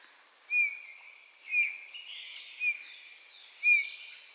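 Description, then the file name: Eurasian bullfinch, four gentle piped whistles spaced roughly a second apart, each brief and faintly descending, with other birds chattering quietly behind. "Pyrrhula pyrrhula"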